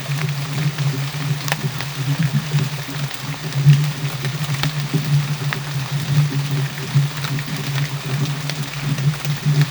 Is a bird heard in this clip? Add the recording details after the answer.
no. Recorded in dense forest near Puerto Asís, Putumayo, Colombia, on 21 December 2024 at 11:00. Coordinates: 0.484, -76.317. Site G026